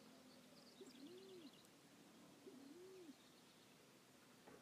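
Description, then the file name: Band-tailed pigeon coo, a short low note followed by a longer rising-and-falling hoot, given twice about one and a half seconds apart, with faint high bird twitters behind. "Band tailed Pigeon Patagioenas fasciata"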